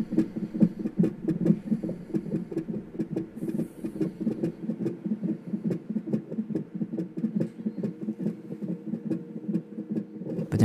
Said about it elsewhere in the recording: Could hear the baby's heartbeat through the monitor. Baby was letting us know all night, I'm right here.